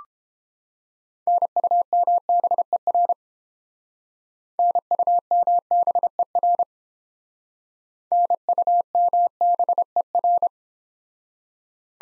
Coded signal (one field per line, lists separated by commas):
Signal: Morse code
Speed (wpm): 31 wpm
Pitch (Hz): 700 Hz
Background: none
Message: NUMBER NUMBER NUMBER